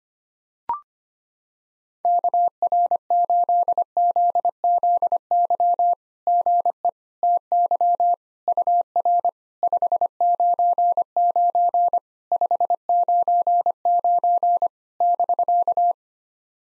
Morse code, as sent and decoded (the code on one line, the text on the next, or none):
-.- .-. ---.. --.. --.. -.-- / --. . / - -.-- / ..- .-. / ..... ----. ----. / ..... ----. ----. / -...-.-
KR8ZZY GE TY UR 599 599 <BK>